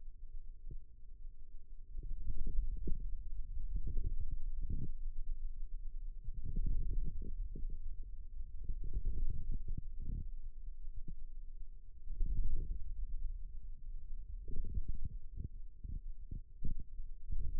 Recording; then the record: forearm muscle sounds (acoustic myography)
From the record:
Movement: radial deviation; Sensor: system 2, bracelet of six BSWA MPA416 microphones around the upper forearm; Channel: 4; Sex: male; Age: 22 years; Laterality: right